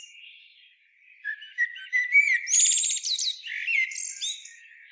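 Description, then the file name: Common blackbird song: quiet low whistles build into a loud, fluted phrase with a sharp, high twittering ending. "Turdus merula"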